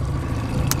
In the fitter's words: pop that in you hear that click